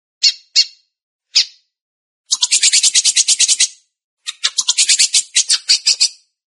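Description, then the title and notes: Belgian canary giving three short chirps, then two long buzzy trills of rapid high-pitched notes with a short gap between them. "Canario Belga, nyonyastudio"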